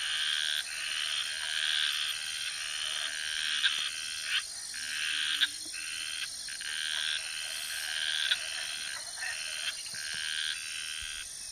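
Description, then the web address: Garbe's snouted treefrog produces grating, buzzy calls in irregular runs, some long and some clipped short, against a continuous high insect whine. Recorded in the Ecuadorian Amazon, South America. "Natures Songs S America Frogs of Ecuadorian Amazon Scinax garbei"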